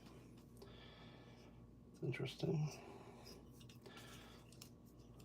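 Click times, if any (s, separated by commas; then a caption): none. Someone tries again to fit a plastic purge wiper piece onto a 3D printer frame, with faint handling and scraping noises and a brief louder burst of sound around 2.1–2.6 s while someone talks. The purge wiper fails to snap in, and nothing has clicked into place yet.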